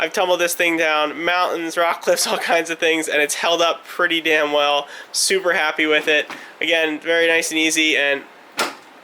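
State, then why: Seated. A clipless hood latch on the body of an Axial SCX6 Honcho scale RC crawler truck is pushed down by hand. Someone talks for most of the clip, then after a short pause a single sharp click is heard at 8.6 s as the latch snaps shut and seats securely.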